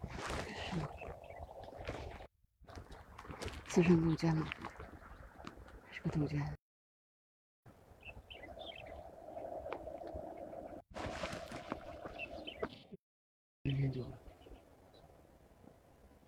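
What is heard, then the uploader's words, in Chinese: Several kinds of birds call and chirp over a steady low hum, in bursts separated by abrupt silent gaps around 2, 7, 11 and 13 seconds. 沙河北岸鸟鸣记录。在沙河观鸟三小时，记录下多种鸟类的叫声和自然的声音，当然还有人声。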